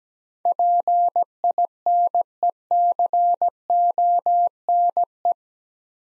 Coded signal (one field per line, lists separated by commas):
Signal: Morse code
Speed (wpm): 17 wpm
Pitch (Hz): 700 Hz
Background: none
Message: PINECONE